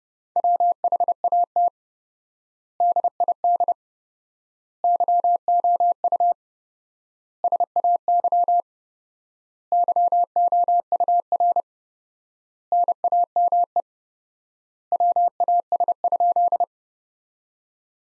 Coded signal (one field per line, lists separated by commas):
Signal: Morse code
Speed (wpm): 32 wpm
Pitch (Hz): 700 Hz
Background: none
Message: WHAT DID YOU SAY YOUR NAME WAS?